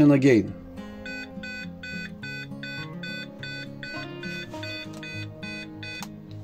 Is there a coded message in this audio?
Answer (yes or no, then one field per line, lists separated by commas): no